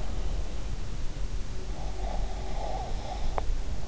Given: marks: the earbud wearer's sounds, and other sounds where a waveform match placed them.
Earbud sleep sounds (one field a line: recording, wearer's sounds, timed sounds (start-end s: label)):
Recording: sounds in sleep by an in-ear microphone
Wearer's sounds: breath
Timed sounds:
1.86-3.35 s: breath